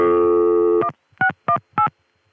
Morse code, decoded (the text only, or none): none